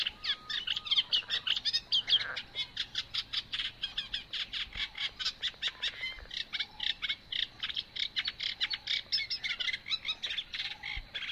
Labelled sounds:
Eurasian Reed Warbler (Acrocephalus scirpaceus) song

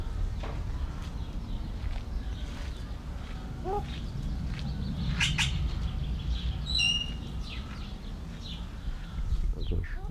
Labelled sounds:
Southern Screamer (Chauna torquata) call

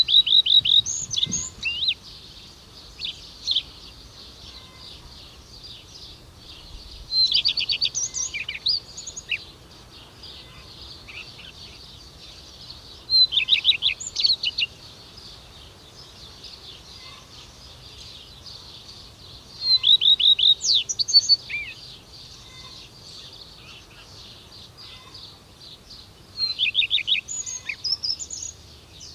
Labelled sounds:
Common Redstart (Phoenicurus phoenicurus) song

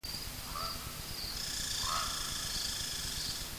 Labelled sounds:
Red Squirrel (Tamiasciurus hudsonicus) call

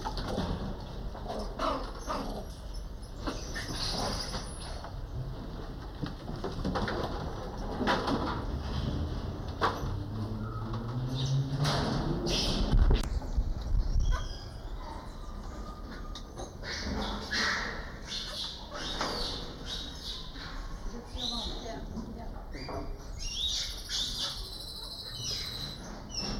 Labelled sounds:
Crab-eating Macaque (Macaca fascicularis) call

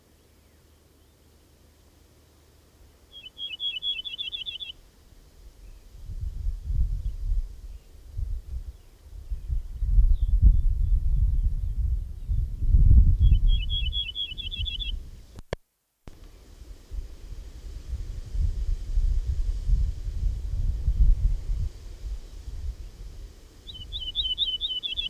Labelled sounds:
Ortolan Bunting (Emberiza hortulana) song

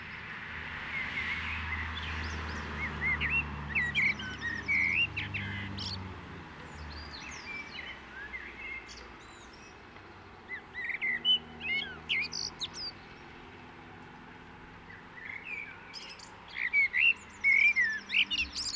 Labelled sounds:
Common Blackbird (Turdus merula) song

